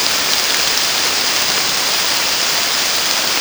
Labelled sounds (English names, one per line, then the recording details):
none
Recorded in secondary vegetation near Puerto Asís, Putumayo, Colombia, on 29 June 2025 at 13:00
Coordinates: 0.485, -76.322
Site GP06